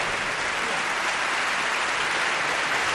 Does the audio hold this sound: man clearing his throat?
no